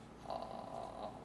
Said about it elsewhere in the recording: At the end of the sentences, they go down into what's called a vocal fry. It's this popping sound. Do you hear the popping? So it's vocal fry is what it is, and that's going to wear your voice out very, very quickly, and that's so preventable. And again, it doesn't sound as commanding.